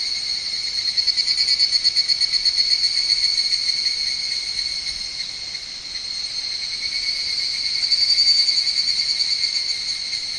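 Higurashi cicada giving a steady, high, ringing trill that rises and falls gently in loudness throughout, with no other clear sounds.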